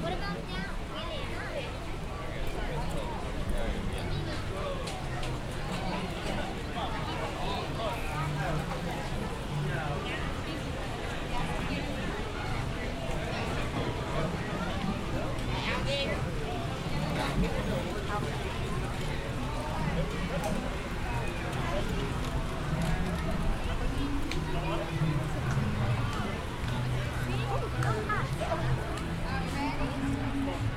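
A walk through Animal Kingdom carries steady, dense crowd chatter with overlapping voices throughout, a constant murmur with occasional louder nearby words.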